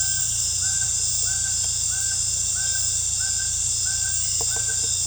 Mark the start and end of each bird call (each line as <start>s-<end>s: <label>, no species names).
0.00s-5.01s: bird call